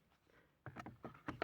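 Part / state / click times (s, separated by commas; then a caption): ashtray into car dashboard / not seated / none. A plastic ashtray, possibly not the right one for this Ford Fiesta Mk4, is pushed into its dashboard slot, producing a series of loose rattling plastic knocks after a quiet start. It sits in loosely but nothing has latched or clicked into place.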